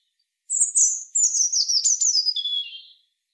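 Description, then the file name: European robin song: one high, thin phrase of sparkling warbled notes and trills, drifting downward in pitch over about two and a half seconds, with no other sounds. "Erithacus rubecula"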